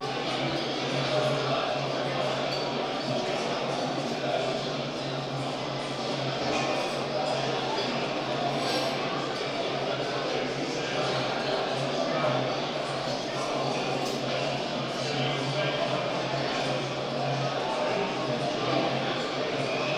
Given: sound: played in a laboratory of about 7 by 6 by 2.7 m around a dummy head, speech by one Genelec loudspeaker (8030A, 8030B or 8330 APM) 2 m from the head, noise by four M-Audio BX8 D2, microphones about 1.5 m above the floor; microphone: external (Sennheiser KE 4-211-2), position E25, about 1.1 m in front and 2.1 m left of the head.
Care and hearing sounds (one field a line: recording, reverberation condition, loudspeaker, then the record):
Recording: cafeteria noise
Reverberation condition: high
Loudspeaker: four, about 170 cm from the corners of the room and facing them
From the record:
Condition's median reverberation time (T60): about 1300 ms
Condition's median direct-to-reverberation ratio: about -4.0 dB